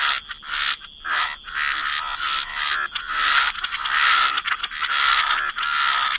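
Frog chorus of overlapping croaks forming a thick, grating drone that swells and dips, broken by short pauses, over a thin constant high hum.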